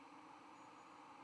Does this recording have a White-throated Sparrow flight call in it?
no